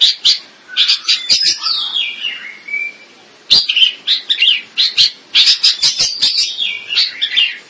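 Bird song of loud, high chattering bursts and a descending whistle, then a lively run of scratchy twitters after a brief pause.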